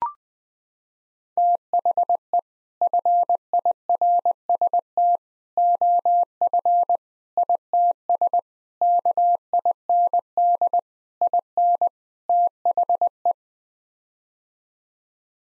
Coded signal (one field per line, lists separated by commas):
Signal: Morse code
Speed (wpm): 21 wpm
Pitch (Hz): 700 Hz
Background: none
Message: THE FIRST OF ITS KIND IN THE